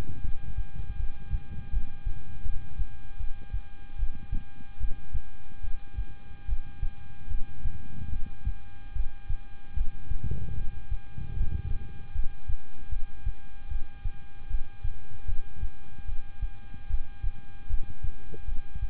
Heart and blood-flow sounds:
heart sounds by stethoscope; between the tricuspid and mitral areas; 76 bpm
0.21 s: heartbeat
0.96 s: heartbeat
1.70 s: heartbeat
2.43 s: heartbeat
3.17 s: heartbeat
3.96 s: heartbeat
4.78 s: heartbeat
5.61 s: heartbeat
6.46 s: heartbeat
7.28 s: heartbeat
8.09 s: heartbeat
8.93 s: heartbeat
9.74 s: heartbeat
10.54 s: heartbeat
11.34 s: heartbeat
12.12 s: heartbeat
12.89 s: heartbeat
13.68 s: heartbeat
14.48 s: heartbeat
15.26 s: heartbeat
16.06 s: heartbeat
16.87 s: heartbeat
17.67 s: heartbeat
18.45 s: heartbeat
From the record:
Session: rest, lying down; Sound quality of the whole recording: good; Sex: male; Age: 26 years

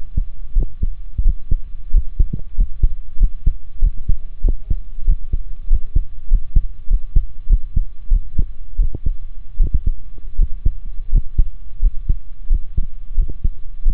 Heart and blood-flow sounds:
heart sounds by stethoscope; between the tricuspid and mitral areas; 90 bpm
0.55 s: heartbeat
1.24 s: heartbeat
1.93 s: heartbeat
2.57 s: heartbeat
3.19 s: heartbeat
3.81 s: heartbeat
4.43 s: heartbeat
5.07 s: heartbeat
5.69 s: heartbeat
6.30 s: heartbeat
6.89 s: heartbeat
7.49 s: heartbeat
8.10 s: heartbeat
8.78 s: heartbeat
9.59 s: heartbeat
10.38 s: heartbeat
11.11 s: heartbeat
11.82 s: heartbeat
12.49 s: heartbeat
13.17 s: heartbeat
13.85 s: heartbeat
From the record:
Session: rest, sitting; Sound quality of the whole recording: good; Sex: male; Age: 28 years

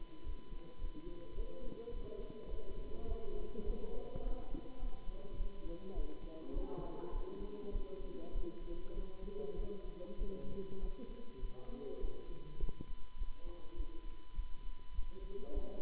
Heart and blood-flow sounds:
heart sounds by stethoscope; between the tricuspid and mitral areas; 102 bpm
0.22 s: heartbeat
0.77 s: heartbeat
1.33 s: heartbeat
1.89 s: heartbeat
2.46 s: heartbeat
3.05 s: heartbeat
3.63 s: heartbeat
4.20 s: heartbeat
4.77 s: heartbeat
5.35 s: heartbeat
5.92 s: heartbeat
6.51 s: heartbeat
7.10 s: heartbeat
7.69 s: heartbeat
8.30 s: heartbeat
8.91 s: heartbeat
9.53 s: heartbeat
10.16 s: heartbeat
10.77 s: heartbeat
11.37 s: heartbeat
11.97 s: heartbeat
12.56 s: heartbeat
13.15 s: heartbeat
13.73 s: heartbeat
14.32 s: heartbeat
14.91 s: heartbeat
15.50 s: heartbeat
From the record:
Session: Bruce protocol treadmill stress test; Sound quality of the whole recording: good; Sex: male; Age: 26 years

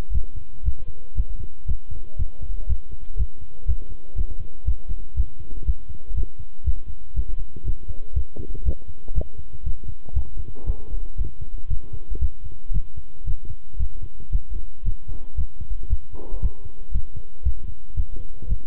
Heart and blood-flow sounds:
heart sounds by stethoscope; between the tricuspid and mitral areas; 118 bpm
0.13 s: heartbeat
0.65 s: heartbeat
1.16 s: heartbeat
1.68 s: heartbeat
2.18 s: heartbeat
2.69 s: heartbeat
3.18 s: heartbeat
3.67 s: heartbeat
4.17 s: heartbeat
4.66 s: heartbeat
5.16 s: heartbeat
5.66 s: heartbeat
6.16 s: heartbeat
6.65 s: heartbeat
7.16 s: heartbeat
7.66 s: heartbeat
8.15 s: heartbeat
8.65 s: heartbeat
9.15 s: heartbeat
9.65 s: heartbeat
10.15 s: heartbeat
10.67 s: heartbeat
11.18 s: heartbeat
11.70 s: heartbeat
12.21 s: heartbeat
12.74 s: heartbeat
13.27 s: heartbeat
13.79 s: heartbeat
14.32 s: heartbeat
14.85 s: heartbeat
15.37 s: heartbeat
15.90 s: heartbeat
16.42 s: heartbeat
16.94 s: heartbeat
17.45 s: heartbeat
17.97 s: heartbeat
18.49 s: heartbeat
From the record:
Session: walking at 3.7 km/h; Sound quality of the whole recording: good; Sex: male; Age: 25 years

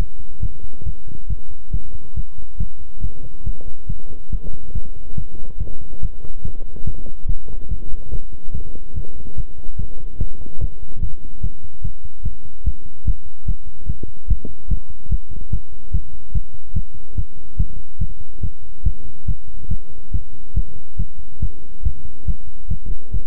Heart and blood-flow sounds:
heart sounds by stethoscope; between the tricuspid and mitral areas; 143 bpm
0.40 s: heartbeat
0.84 s: heartbeat
1.28 s: heartbeat
1.71 s: heartbeat
2.14 s: heartbeat
2.58 s: heartbeat
3.01 s: heartbeat
3.44 s: heartbeat
3.87 s: heartbeat
4.30 s: heartbeat
4.73 s: heartbeat
5.15 s: heartbeat
5.58 s: heartbeat
6.00 s: heartbeat
6.42 s: heartbeat
6.85 s: heartbeat
7.27 s: heartbeat
7.69 s: heartbeat
8.10 s: heartbeat
8.52 s: heartbeat
8.94 s: heartbeat
9.35 s: heartbeat
9.77 s: heartbeat
10.18 s: heartbeat
10.59 s: heartbeat
11.00 s: heartbeat
11.41 s: heartbeat
11.82 s: heartbeat
12.23 s: heartbeat
12.64 s: heartbeat
13.05 s: heartbeat
13.46 s: heartbeat
13.87 s: heartbeat
14.28 s: heartbeat
14.68 s: heartbeat
15.09 s: heartbeat
15.51 s: heartbeat
15.92 s: heartbeat
16.33 s: heartbeat
16.74 s: heartbeat
17.16 s: heartbeat
17.57 s: heartbeat
17.99 s: heartbeat
18.41 s: heartbeat
18.84 s: heartbeat
19.26 s: heartbeat
19.69 s: heartbeat
20.12 s: heartbeat
20.54 s: heartbeat
20.97 s: heartbeat
21.40 s: heartbeat
21.83 s: heartbeat
22.26 s: heartbeat
22.69 s: heartbeat
23.12 s: heartbeat
From the record:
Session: pedaling a stationary bicycle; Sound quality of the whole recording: good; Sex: male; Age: 24 years

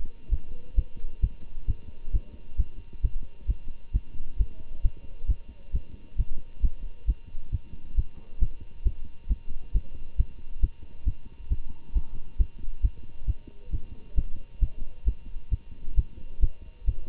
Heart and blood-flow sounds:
heart sounds by stethoscope; between the tricuspid and mitral areas; 134 bpm
0.30 s: heartbeat
0.75 s: heartbeat
1.20 s: heartbeat
1.66 s: heartbeat
2.12 s: heartbeat
2.56 s: heartbeat
3.01 s: heartbeat
3.46 s: heartbeat
3.92 s: heartbeat
4.37 s: heartbeat
4.82 s: heartbeat
5.26 s: heartbeat
5.72 s: heartbeat
6.16 s: heartbeat
6.61 s: heartbeat
7.06 s: heartbeat
7.51 s: heartbeat
7.95 s: heartbeat
8.39 s: heartbeat
8.83 s: heartbeat
9.28 s: heartbeat
9.73 s: heartbeat
10.16 s: heartbeat
10.60 s: heartbeat
11.04 s: heartbeat
11.49 s: heartbeat
11.93 s: heartbeat
12.37 s: heartbeat
12.81 s: heartbeat
13.26 s: heartbeat
13.71 s: heartbeat
14.15 s: heartbeat
14.59 s: heartbeat
15.04 s: heartbeat
15.50 s: heartbeat
15.95 s: heartbeat
16.40 s: heartbeat
16.85 s: heartbeat
From the record:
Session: Bruce protocol treadmill stress test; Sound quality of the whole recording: good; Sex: male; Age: 25 years

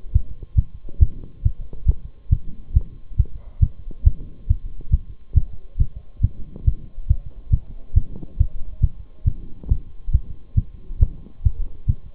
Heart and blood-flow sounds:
heart sounds by stethoscope; between the tricuspid and mitral areas; 138 bpm
0.15 s: heartbeat
0.58 s: heartbeat
1.02 s: heartbeat
1.45 s: heartbeat
1.88 s: heartbeat
2.32 s: heartbeat
2.76 s: heartbeat
3.19 s: heartbeat
3.62 s: heartbeat
4.06 s: heartbeat
4.50 s: heartbeat
4.93 s: heartbeat
5.36 s: heartbeat
5.80 s: heartbeat
6.23 s: heartbeat
6.67 s: heartbeat
7.10 s: heartbeat
7.53 s: heartbeat
7.96 s: heartbeat
8.40 s: heartbeat
8.83 s: heartbeat
9.27 s: heartbeat
9.70 s: heartbeat
10.14 s: heartbeat
10.57 s: heartbeat
11.01 s: heartbeat
11.45 s: heartbeat
11.89 s: heartbeat
From the record:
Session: Bruce protocol treadmill stress test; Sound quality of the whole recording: partially saturated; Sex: male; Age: 23 years

